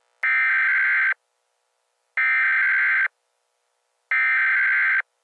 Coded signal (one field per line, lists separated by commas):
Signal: Emergency Alert System (SAME) tones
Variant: header bursts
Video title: NUCLEAR ATTACK PRANK WITH INTRO VIDEO! Emergency Alert System!